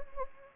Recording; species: mosquito wingbeat signal from an infrared sensor; Anopheles gambiae